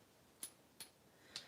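The adjustable setting on a tool-sharpening jig is turned until it clicks into its detent. Three sharp ticks are heard at about 0.4, 0.8 and 1.4 seconds over quiet background hiss, and it is not clear which one is the detent. The setting ends seated in the detent.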